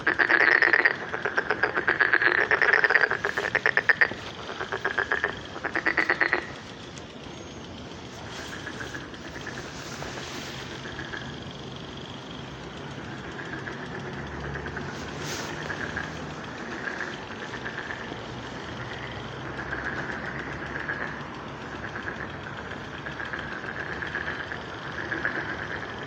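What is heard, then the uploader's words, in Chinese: Frogs croak at a pond on a spring evening. For the first six seconds a loud, rapid run of pulsing calls dominates, then it drops away, leaving a steady, softer chorus of trilling frogs with a low rumble underneath through to the end. 春日晚塘蛙鸣。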